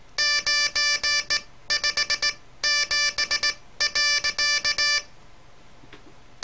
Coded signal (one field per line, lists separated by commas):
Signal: Morse code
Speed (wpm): 18 wpm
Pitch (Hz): 1750 Hz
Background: none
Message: 957.